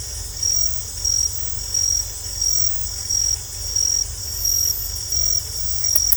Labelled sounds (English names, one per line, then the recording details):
none
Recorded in secondary vegetation near Puerto Asís, Putumayo, Colombia, on 20 December 2024 at 21:00
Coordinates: 0.468, -76.324
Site G095